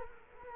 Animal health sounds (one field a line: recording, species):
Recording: mosquito wingbeat signal from an infrared sensor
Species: Culex quinquefasciatus